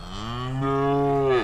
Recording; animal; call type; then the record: contact call of a hoofed animal; cattle; low-frequency (closed-mouth) or high-frequency (open-mouth) call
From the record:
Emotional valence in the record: negative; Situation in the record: full separation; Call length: 1.43 s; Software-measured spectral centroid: 1420 Hz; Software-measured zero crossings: 1410 a second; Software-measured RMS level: -23 dBFS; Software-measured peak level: -11 dBFS